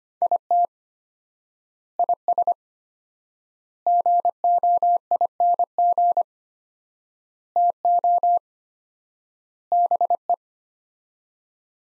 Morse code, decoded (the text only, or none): IT IS GOING TO BE